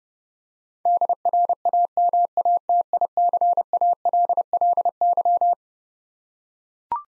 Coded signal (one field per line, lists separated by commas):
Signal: Morse code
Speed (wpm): 30 wpm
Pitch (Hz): 700 Hz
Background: none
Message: DRAMATICALLY